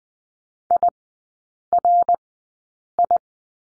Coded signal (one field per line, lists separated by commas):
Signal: Morse code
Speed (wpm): 20 wpm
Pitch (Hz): 700 Hz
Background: none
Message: IRI